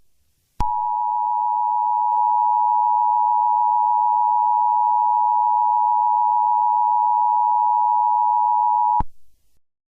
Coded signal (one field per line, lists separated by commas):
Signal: Emergency Alert System (SAME) tones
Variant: 853 and 960 Hz attention tone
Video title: Eas Mock: The Unknown Creature In Baltimore